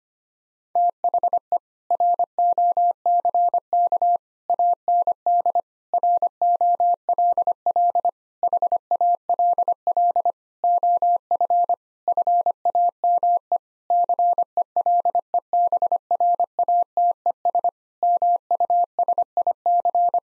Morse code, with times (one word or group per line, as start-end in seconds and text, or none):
0.8-1.6 THE
1.9-4.2 ROCK
4.5-5.6 AND
5.9-8.1 ROLL
8.4-10.3 HALL
10.6-11.7 OF
12.1-13.6 FAME
13.9-17.7 CELEBRATES
18.0-20.2 MUSIC